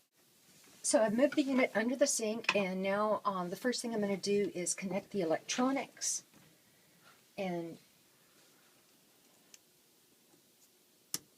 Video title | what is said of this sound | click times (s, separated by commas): Hướng dẫn lắp đặt máy tạo nước ion kiềm Tyent UCE-9000T(USA) | those pieces just snap right in | 11.1 s